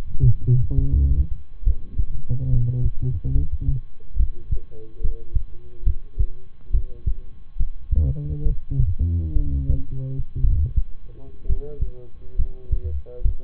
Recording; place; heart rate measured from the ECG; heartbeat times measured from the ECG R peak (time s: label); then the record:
heart sounds by stethoscope; between the tricuspid and mitral areas; 67 bpm
0.74 s: heartbeat
1.63 s: heartbeat
2.49 s: heartbeat
3.31 s: heartbeat
4.16 s: heartbeat
5.00 s: heartbeat
5.83 s: heartbeat
6.70 s: heartbeat
7.56 s: heartbeat
8.42 s: heartbeat
9.32 s: heartbeat
10.40 s: heartbeat
11.45 s: heartbeat
12.35 s: heartbeat
13.21 s: heartbeat
From the record:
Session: rest, lying down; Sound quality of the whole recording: good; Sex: male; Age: 23 years